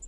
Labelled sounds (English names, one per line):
Townsend's Warbler flight call